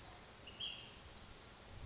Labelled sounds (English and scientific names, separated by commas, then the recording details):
Ash-throated Flycatcher (Myiarchus cinerascens)
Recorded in Sonoma County, California